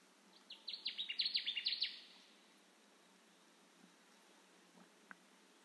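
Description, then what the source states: Connecticut warbler gives one quick, loud series of repeated slurred chips for about a second and a half, followed by soft scattered clicks. Recorded 10 June 2021.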